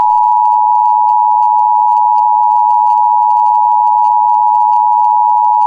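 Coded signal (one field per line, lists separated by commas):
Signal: Emergency Alert System (SAME) tones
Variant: 853 and 960 Hz attention tone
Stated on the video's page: Fictional scenario whose alert tones are stated to be not valid.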